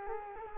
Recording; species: mosquito wingbeat signal from an infrared sensor; Culex quinquefasciatus